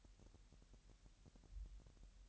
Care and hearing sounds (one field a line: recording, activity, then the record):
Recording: daily activity, microphone in the room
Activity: take from stove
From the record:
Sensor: 3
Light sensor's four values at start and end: 6/15/6/6 and 6/15/6/6